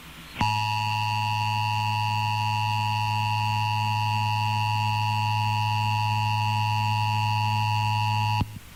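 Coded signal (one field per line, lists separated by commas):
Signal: Emergency Alert System (SAME) tones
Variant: 853 and 960 Hz attention tone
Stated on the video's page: Real Flood Warning for Hurricane Irma, captured from a public-radio FM station's online stream.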